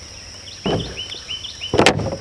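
A plastic Pro4 septic chamber piece is handled and fitted onto a chamber section in a trench, with scraping plastic bumps around 0.7 s and a louder burst of knocks near 1.8 and 1.9 s. Bird chirps and a steady high whine continue in the background. The part is still being handled, and nothing has seated or clicked yet.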